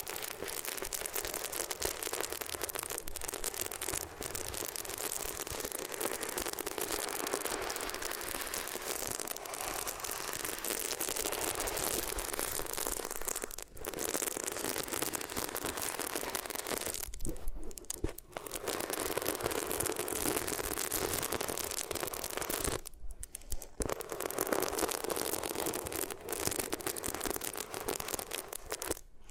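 Ears are rubbed against different materials, giving a dense, continuous scratchy rustle that is brightest in the upper range with little low end. The rubbing runs almost unbroken, with brief pauses near 14, 17–18 and 23 seconds and a few sharp crinkly bursts.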